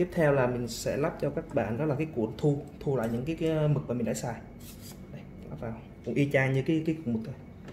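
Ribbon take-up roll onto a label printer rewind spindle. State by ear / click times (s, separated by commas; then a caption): not seated / none. A ribbon take-up roll, which collects the used ink ribbon, is fitted onto the rewind spindle of a Honeywell PC42T barcode label printer, handled the same way as the ribbon roll. Someone talks throughout, with only faint handling noise and a small soft tick near the end. Nothing has seated or clicked yet.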